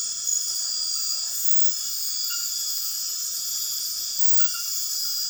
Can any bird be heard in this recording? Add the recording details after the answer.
no. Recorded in dense forest near Puerto Asís, Putumayo, Colombia, on 18 February 2024 at 22:30. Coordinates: 0.502, -76.326. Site G6460